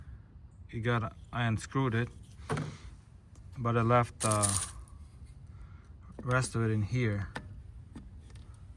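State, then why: Not seated. Someone talks while handling the plastic cap insert left in the neck of an unscrewed pressurized reservoir cap on a Transit Connect, about to press it back into the cap. Faint handling ticks come at about 4.9 s and around 8.3 to 8.5 s. Nothing has seated or clicked yet.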